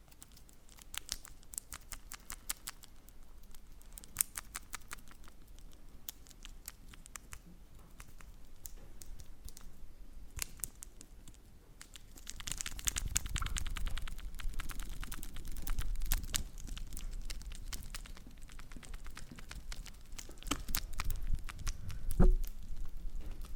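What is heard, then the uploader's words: Chocolate wrappers crinkle and rustle in quick, irregular crackles throughout, with sharp ticking bursts scattered densely. After about twelve seconds the handling grows louder and fuller, with low thumps beneath, and a sharp crackle peaks near twenty-two seconds. Crinkle sounds on Kinder Chocolate.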